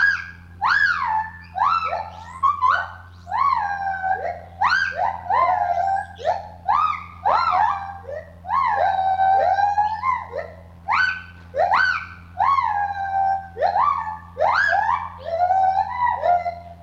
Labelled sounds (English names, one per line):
Lar Gibbon